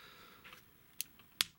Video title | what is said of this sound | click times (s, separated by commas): Transformers review Cloud Hot Rodimus | and this will just kind of lock into place | 1.4 s